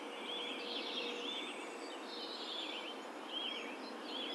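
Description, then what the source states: Bird song of looping whistled phrases repeated several times, with other faint chirps, over a steady hissing background. Rural setting.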